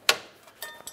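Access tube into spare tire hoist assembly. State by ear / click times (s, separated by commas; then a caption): seated / 0.1 s. A metal spare tire hoist access tube on a 2000–2006 Chevy Tahoe is slid into the hoist assembly and clicks sharply into place at 0.1 s, showing it is seated. Two fainter ticks follow at about 0.6 s and 0.9 s.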